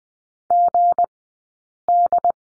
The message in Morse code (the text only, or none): GD